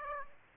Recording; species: mosquito wingbeat signal from an infrared sensor; Aedes aegypti